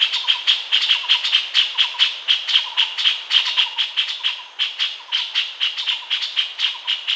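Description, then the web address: Puff-throated bulbul calling in a busy series of sharp chirps and short warbled phrases. "Puff throated bulbul. صدای-بلبل-گلو-پفی"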